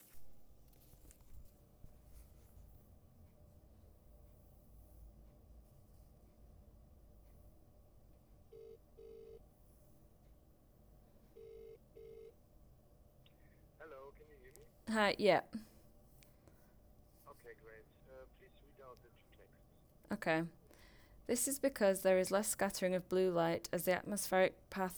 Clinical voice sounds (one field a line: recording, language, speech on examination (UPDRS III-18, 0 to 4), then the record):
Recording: text read into a phone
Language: English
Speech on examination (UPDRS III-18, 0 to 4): 0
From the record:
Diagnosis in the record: healthy control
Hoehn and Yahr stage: 0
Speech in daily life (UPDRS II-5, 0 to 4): 0